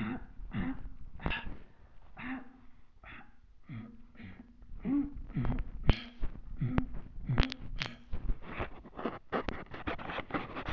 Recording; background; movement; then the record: throat clearing; quiet; sitting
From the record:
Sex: female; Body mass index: 21.8 kg/m2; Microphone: on the chest, facing the body